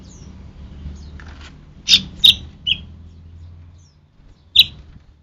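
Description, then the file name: Cucak rante calls: a few loud, sharp chirps spaced unevenly, three close together then one more after a pause, over faint low background noise. "cucak rante mas"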